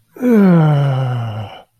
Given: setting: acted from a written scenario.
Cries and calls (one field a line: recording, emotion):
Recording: vocal sound without words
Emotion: serenity